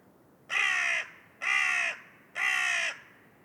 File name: Corvus corone